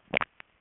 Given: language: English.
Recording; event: throat vibration sensor signal played as sound; swallow